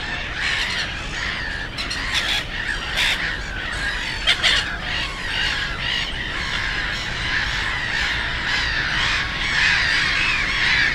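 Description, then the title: Black-headed gulls, a crowded chorus of grating, rasping cries and sharp bursts, many birds calling at once over a constant background hum. Post-coal-mining area turned nature complex, Frog Ponds (Żabie Doły), Bytom, Poland; ponds full of birds, black-headed gulls loudest; nearby DK79 road and railway noise; recorded with Zoom F4 and AT BP4025. "Żabie Doły, Bytom, Polska - Black-headed gulls at Frog Ponds complex"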